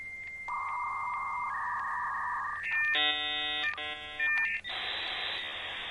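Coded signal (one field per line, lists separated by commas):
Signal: dial-up modem handshake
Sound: steady answer tones, chords of beeping lines, short tones, then loud wide hiss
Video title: 💥🔊📲Dial Up Modem (Sound Effect)🔌💻🎧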